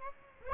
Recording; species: mosquito wingbeat signal from an infrared sensor; Aedes aegypti